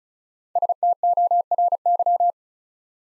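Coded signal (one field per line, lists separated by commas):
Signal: Morse code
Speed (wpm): 36 wpm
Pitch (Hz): 700 Hz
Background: none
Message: STORY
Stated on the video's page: Morse code practice at 35 wpm: 3- to 5-letter words built up one letter at a time, for instant character recognition training.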